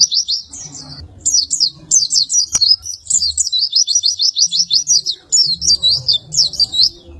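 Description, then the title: White-eye delivering a continuous high warbling chatter of rapid repeated notes, with a single sharp click near the middle and a faint low hum. "Pleci"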